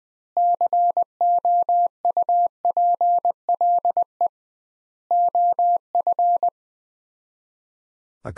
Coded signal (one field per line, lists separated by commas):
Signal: Morse code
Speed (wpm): 20 wpm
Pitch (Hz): 700 Hz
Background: none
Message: COUPLE OF